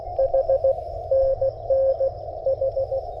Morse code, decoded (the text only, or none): H NN H